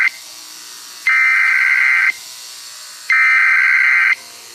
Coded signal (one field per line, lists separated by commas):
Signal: Emergency Alert System (SAME) tones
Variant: header bursts